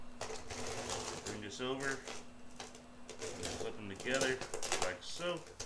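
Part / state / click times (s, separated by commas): latch of a rotisserie basket closing its two halves / not seated / none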